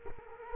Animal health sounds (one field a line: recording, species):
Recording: mosquito wingbeat signal from an infrared sensor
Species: Culex quinquefasciatus